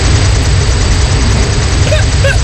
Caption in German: Klingt es vielleicht nach einem Flug mit einem Hubschrauber oder irgendeiner Straße, wo irgendwie Bauarbeiten sind. Mitten in der Nacht. Ich habe eine neue Smartwatch und die zeichnet auch das Schnarchen auf. in Nacht 1 habe ich angeblich 11 Minuten geschnarcht.